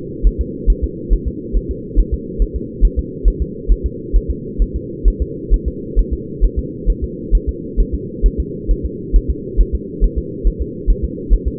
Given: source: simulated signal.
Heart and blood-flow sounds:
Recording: fetal heart sounds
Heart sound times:
0.27 s: S1
0.41 s: S2
0.70 s: S1
0.84 s: S2
1.13 s: S1
1.28 s: S2
1.57 s: S1
1.71 s: S2
2.00 s: S1
2.14 s: S2
2.42 s: S1
2.56 s: S2
2.85 s: S1
2.99 s: S2
3.28 s: S1
3.42 s: S2
3.72 s: S1
3.86 s: S2
4.16 s: S1
4.31 s: S2
4.62 s: S1
4.76 s: S2
5.08 s: S1
5.22 s: S2
5.54 s: S1
5.68 s: S2
5.99 s: S1
6.13 s: S2
6.44 s: S1
6.59 s: S2
6.90 s: S1
7.04 s: S2
7.35 s: S1
7.49 s: S2
7.80 s: S1
7.94 s: S2
8.26 s: S1
8.40 s: S2
8.71 s: S1
8.85 s: S2
9.16 s: S1
9.30 s: S2
9.61 s: S1
9.75 s: S2
10.04 s: S1
10.18 s: S2
10.47 s: S1
10.62 s: S2
10.90 s: S1
11.05 s: S2
11.33 s: S1
11.48 s: S2
From the record:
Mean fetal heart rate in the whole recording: 135 bpm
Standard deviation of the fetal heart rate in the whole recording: 3 bpm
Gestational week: 36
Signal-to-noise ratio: -4.1 dB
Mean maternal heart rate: no maternal heart sound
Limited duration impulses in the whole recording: absent

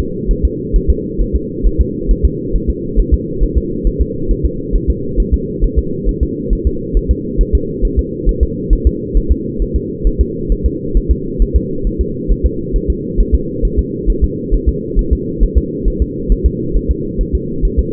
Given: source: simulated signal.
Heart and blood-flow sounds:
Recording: fetal heart sounds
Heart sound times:
0.00 s: S2
0.31 s: S1
0.45 s: S2
0.76 s: S1
0.90 s: S2
1.21 s: S1
1.36 s: S2
1.66 s: S1
1.81 s: S2
2.11 s: S1
2.25 s: S2
2.56 s: S1
2.70 s: S2
3.00 s: S1
3.14 s: S2
3.43 s: S1
3.57 s: S2
3.87 s: S1
4.01 s: S2
4.31 s: S1
4.45 s: S2
4.76 s: S1
4.90 s: S2
5.20 s: S1
5.34 s: S2
5.64 s: S1
5.78 s: S2
6.09 s: S1
6.23 s: S2
6.53 s: S1
6.67 s: S2
6.97 s: S1
7.11 s: S2
7.41 s: S1
7.55 s: S2
7.85 s: S1
7.99 s: S2
8.29 s: S1
8.43 s: S2
8.73 s: S1
8.87 s: S2
9.17 s: S1
9.31 s: S2
9.62 s: S1
9.76 s: S2
10.07 s: S1
10.21 s: S2
10.52 s: S1
10.66 s: S2
10.97 s: S1
11.11 s: S2
11.42 s: S1
11.56 s: S2
11.87 s: S1
12.01 s: S2
12.31 s: S1
12.46 s: S2
12.76 s: S1
12.90 s: S2
13.20 s: S1
13.35 s: S2
13.65 s: S1
13.79 s: S2
14.10 s: S1
14.24 s: S2
14.54 s: S1
14.69 s: S2
14.99 s: S1
15.13 s: S2
15.43 s: S1
15.57 s: S2
15.88 s: S1
16.02 s: S2
16.32 s: S1
16.46 s: S2
16.76 s: S1
16.91 s: S2
17.21 s: S1
17.35 s: S2
17.65 s: S1
17.79 s: S2
From the record:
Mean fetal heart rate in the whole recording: 135 bpm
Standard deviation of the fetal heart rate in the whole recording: 3 bpm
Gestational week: 36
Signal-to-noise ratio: -6.6 dB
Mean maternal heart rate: 72 bpm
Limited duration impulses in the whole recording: present

